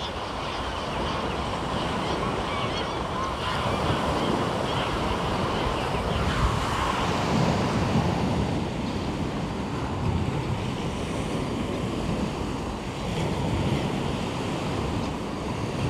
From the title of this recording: Waves and bird life: Ambience from a walk along Omø coastline